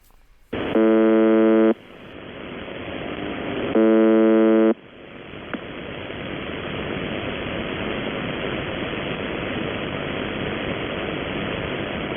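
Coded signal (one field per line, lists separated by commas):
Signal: channel marker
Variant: UVB-76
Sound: two harsh, low, one-second buzzes spaced about three seconds apart, then hiss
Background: radio static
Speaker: la omnipresente butter el Buzz el zumbador la uniforme Víctor Bravo 76 en 4.625 kilos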